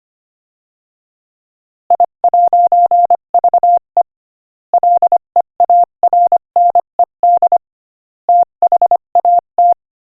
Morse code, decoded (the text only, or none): I'VE LEARNED THAT